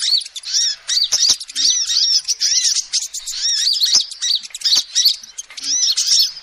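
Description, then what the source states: Lovebird chatter of rapid, high squeaky chirps in bursts, with a few sharp ticking clicks between phrases. Recording used as a lure to trap birds.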